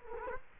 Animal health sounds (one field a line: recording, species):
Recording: mosquito wingbeat signal from an infrared sensor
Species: Culex quinquefasciatus